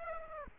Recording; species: mosquito wingbeat signal from an infrared sensor; Aedes aegypti